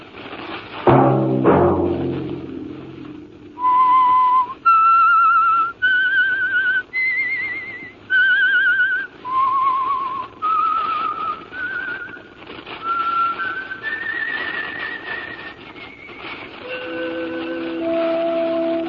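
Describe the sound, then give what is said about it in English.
A lone human whistle carries a slow, eerie melody of sustained, wavering notes that rise and fall, opening after a brief low musical sting and ending on lower held tones. “Let that whistle be your signal for the Signal Oil program, The Whistler, each Sunday night at this same time.”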